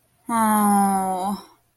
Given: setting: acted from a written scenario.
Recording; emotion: vocal sound without words; sadness